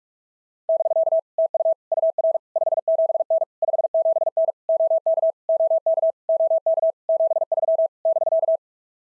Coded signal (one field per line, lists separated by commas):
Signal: Morse code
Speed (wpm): 46 wpm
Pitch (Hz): 650 Hz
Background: none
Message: <BK> TU UR 57N 57N OK OK OK 73 <BK>